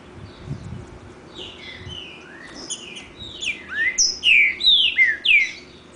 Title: Trinca Ferro NICÃ O No Mato Disputando Com Solto